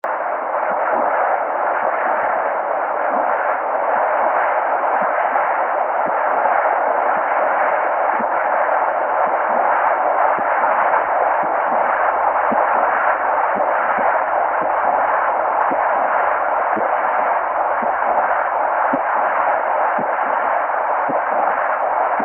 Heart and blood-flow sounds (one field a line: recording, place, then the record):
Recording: Doppler ultrasound of blood flow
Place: carotid artery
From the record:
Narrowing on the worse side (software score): severe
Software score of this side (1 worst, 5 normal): 2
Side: right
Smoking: never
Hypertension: no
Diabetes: no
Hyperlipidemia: no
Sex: male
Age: 20 years